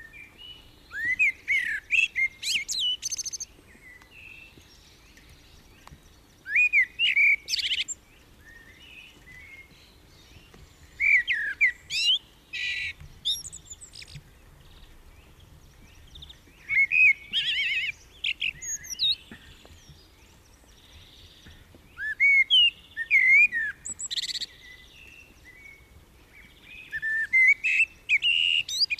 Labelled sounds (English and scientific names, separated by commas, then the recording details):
Common Blackbird (Turdus merula) song
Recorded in the wild
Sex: male
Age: adult
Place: Garmisch-Partenkirchen, Bayern, DE
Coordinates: 47.4933, 11.0794
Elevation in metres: 704
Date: 1969-04-13
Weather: Schneefall
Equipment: Uher 4000 Report
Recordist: Tretzel, Erwin